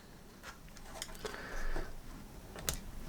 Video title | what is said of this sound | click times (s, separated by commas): BMW E36 Heated Seat Retrofit with F21 Seats! OEM Switches & DIY Wiring Guide - 318ti Upgrade - 011 | And you feel it click in. | 2.7 s